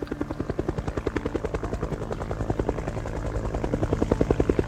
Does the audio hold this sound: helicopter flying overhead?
yes